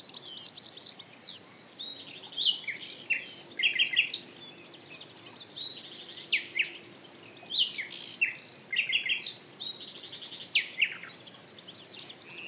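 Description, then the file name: Common nightingale song, dense bursts of sharp notes and fast chattering trills in repeated phrases with short pauses, a faint low hum beneath. "Luscinia megarhynchos"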